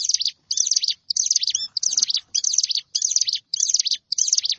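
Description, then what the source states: Prinia song: insistent buzzy, wheezing phrases, each under half a second, repeated in a quick series with short pauses between them. Recorded in a rice field.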